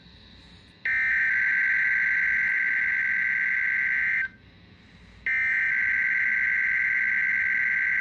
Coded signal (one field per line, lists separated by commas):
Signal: Emergency Alert System (SAME) tones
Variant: header bursts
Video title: FIRST KWO35 RWT AFTER I GOT HOME (EAS #316)